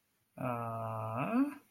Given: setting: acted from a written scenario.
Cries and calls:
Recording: vocal sound without words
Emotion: desire

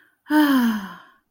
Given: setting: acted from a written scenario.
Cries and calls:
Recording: vocal sound without words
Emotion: relief

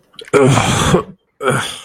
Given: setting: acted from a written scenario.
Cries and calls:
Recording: vocal sound without words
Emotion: disgust

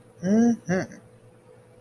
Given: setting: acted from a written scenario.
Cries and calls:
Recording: vocal sound without words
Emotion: romantic love

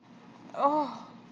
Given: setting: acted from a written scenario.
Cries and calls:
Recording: vocal sound without words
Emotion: ecstasy

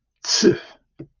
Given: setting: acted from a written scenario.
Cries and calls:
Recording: vocal sound without words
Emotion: contempt

